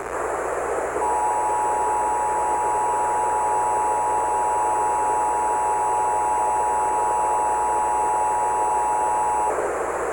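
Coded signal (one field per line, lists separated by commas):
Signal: Emergency Alert System (SAME) tones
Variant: 853 and 960 Hz attention tone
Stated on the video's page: Mock Texas required monthly test made with an EASyPLUS screen, using a daisy-chain audio effect.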